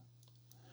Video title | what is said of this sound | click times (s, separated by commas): Review GoPro Hero 11 Black Mini Action Camera How To Setup & Connect to iPhone | you're going to press it in and it's going to kind of Click make sure it clicks | 0.2 s, 0.3 s, 0.5 s